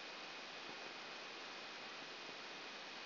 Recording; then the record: brain microelectrode recording played as sound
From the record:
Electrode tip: outside the subthalamic nucleus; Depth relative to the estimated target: -1 mm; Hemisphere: left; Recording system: AlphaMap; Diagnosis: Parkinson's disease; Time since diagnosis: 11 years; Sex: female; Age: 60 years